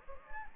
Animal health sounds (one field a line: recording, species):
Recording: mosquito wingbeat signal from an infrared sensor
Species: Anopheles gambiae